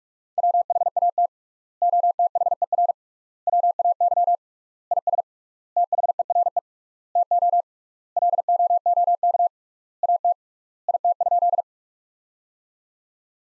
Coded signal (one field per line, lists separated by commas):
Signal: Morse code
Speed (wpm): 42 wpm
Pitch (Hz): 700 Hz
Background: none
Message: WHAT OTHER WAY IS THERE TO LOOK AT IT?